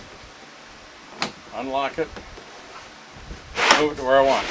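The anchor trolley line lock on a Lifetime Tamarack Angler kayak is unlocked so the line can move again, giving a single sharp hit at 1.2 s as it releases. Someone talks before and after the release.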